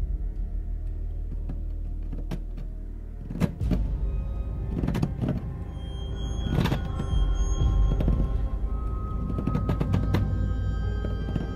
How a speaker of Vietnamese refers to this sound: Thân thể của bà Hồng lạnh ngắt run rẩy, ánh mắt nhìn đăm đăm vào nắm đấm cửa đang bị người ta từ từ vặn. Dường như là ông Tiến còn đang lục cục giật cánh cửa.